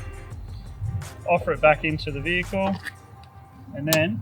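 A STEDI sequential side marker lamp for a 70 Series Landcruiser is offered back into its opening in the vehicle's fender while someone talks. The lamp is being handled and has not yet been pushed home against the foam seal, so nothing has seated or clicked yet.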